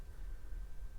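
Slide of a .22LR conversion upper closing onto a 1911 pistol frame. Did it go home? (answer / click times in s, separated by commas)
no / none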